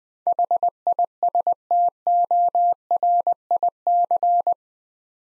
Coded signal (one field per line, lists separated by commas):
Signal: Morse code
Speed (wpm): 20 wpm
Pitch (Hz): 700 Hz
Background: none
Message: HISTORIC